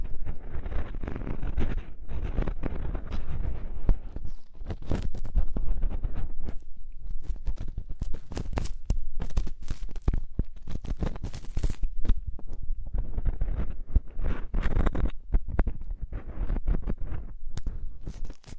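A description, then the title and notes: Deep ear cleaning and massage sounds, a dense run of rubbing, scratching and crackling strokes that keeps going for the whole time. Heavy low rumble sits underneath, with quick bright scrapes and pops coming in irregular bursts, busiest between about seven and thirteen seconds. Enhanced version of deep ear cleaning, massage.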